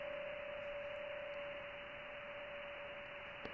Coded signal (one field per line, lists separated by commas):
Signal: PSK31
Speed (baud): 31.25 baud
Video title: Skywave Linux v4.4.0-GNOME | Shortwave Radio in Your PC | WebSDR and KiwiSDR Radio Streaming